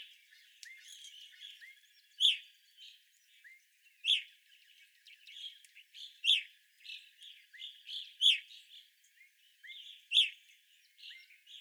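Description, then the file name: Evening grosbeak calls, strong piercing chirps about every two seconds over a continuous background of softer flock chatter and brief upslurred notes. Evening grosbeaks, 25 April 2021. "2021-04-25 Evening Grosbeaks"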